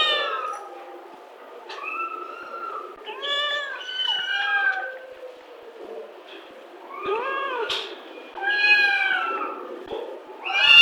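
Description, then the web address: Cat: kittens meowing, several high thin mews rising and falling, overlapping cries in irregular bursts with short quiet gaps between. Kittens in a kennel. "SFXSource AOS Kittens In Kennel"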